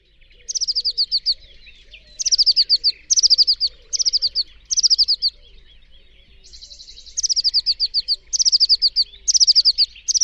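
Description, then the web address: Bird giving quick high chirp series, each burst of several sharp notes falling slightly, repeated about every second, with a brief buzzy note midway. "cianscape. Deverinetal"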